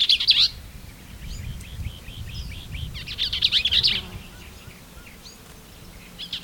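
Bell's vireo song: quick, scratchy, jumbled chattering phrases about half a second to a second long, repeated a few seconds apart, with faint chips between and a low rumble beneath.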